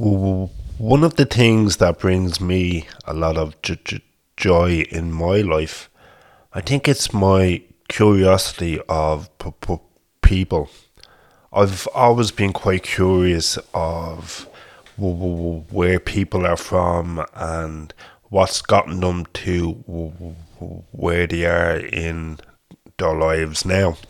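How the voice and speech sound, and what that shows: A low-pitched adult man from Dublin, Republic of Ireland, who stammers, speaks in a calm monologue broken by repeated and stretched sounds, such as a repeated 'p' before 'people', a drawn-out opening 'w' and prolonged vowels, with frequent pauses. These are stuttering disfluencies: part-word repetitions and prolongations.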